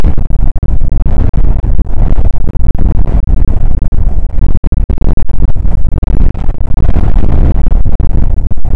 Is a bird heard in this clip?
no